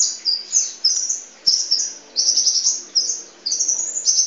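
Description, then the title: Oriental magpie-robin song: bright, varied high whistles and chattering phrases in quick bursts, with short pauses between phrases. "Kicau Kacer"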